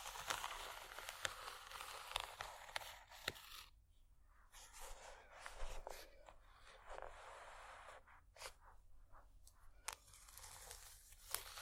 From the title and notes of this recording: ASMR Bumpy Textured Items Scratching（No Talking）.